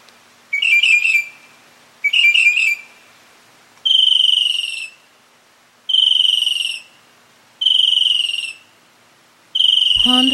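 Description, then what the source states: Mockingbird song: two harsh chattering phrases, then loud slurred whistles repeated roughly every two seconds, closing with a low thud. Male.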